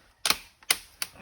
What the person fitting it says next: I think it's just the clips going back in. It's gotta be. Yeah, they're snapping into place.